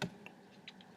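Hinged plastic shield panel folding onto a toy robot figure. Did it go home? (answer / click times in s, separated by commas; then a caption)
no / none. A hinged plastic shield panel on a 2005 Transformers Cybertron Soundwave robot figure is folded up against the body, producing a few light plastic clicks and taps. The panel does not stay well and does not snap into place, so nothing has seated or clicked into a lock.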